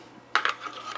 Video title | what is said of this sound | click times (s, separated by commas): Vedder LightTuck Holster Review | slides in there very nice and you get that nice click you know it's locked in there it's not coming out unless you wanted to | 0.3 s